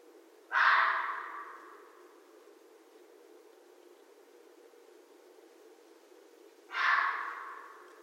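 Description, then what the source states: Red fox giving two harsh, rasping calls about six seconds apart. Each starts abruptly and fades slowly, with faint low hum between them. Recorded 13 January 2012.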